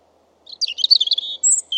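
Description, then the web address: European robin song: a fast burst of tinkling, sliding high notes, followed by two clear thin whistles. "Deverinetal 2025"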